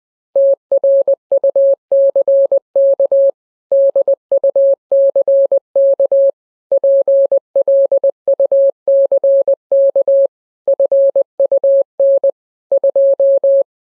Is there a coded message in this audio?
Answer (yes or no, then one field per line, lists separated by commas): yes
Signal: Morse code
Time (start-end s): 0.4-13.6 s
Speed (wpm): 20 wpm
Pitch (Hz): 550 Hz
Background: none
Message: TRUCK DUCK PLUCK FUN 2